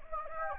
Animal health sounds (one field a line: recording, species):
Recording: mosquito wingbeat signal from an infrared sensor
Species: Anopheles gambiae